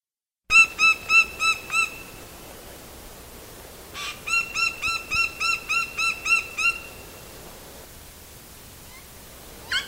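Belford's melidectes giving rapid series of ringing, harmonic notes in two bursts separated by a pause.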